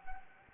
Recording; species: mosquito wingbeat signal from an infrared sensor; Anopheles gambiae